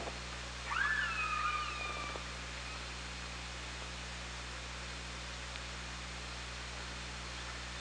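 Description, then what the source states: Orca call, one smooth tonal call that arches up and then falls, about a second long, followed by long steady hiss and low hum. Recorded on the OrcaLab hydrophone, 24 August 2017 at 17:20.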